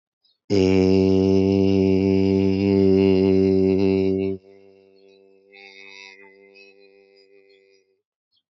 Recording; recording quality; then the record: sustained vowel as in made; excellent, no background noise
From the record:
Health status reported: healthy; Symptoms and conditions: none ticked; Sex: male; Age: 18 years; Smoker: not ticked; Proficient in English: yes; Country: India